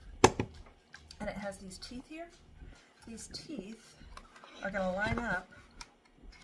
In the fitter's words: You slide the cartridge into the housing until it clicks,